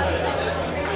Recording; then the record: background sound without coughing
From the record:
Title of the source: CITY SOUNDS Busy Bar in the Evening Night - 2 HOURS of Ambiance for Relaxation